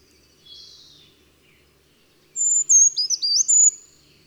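Bird song: a faint soft chirp, then after a pause a loud high phrase of thin whistled notes with quick upward and downward slurs, over quiet background.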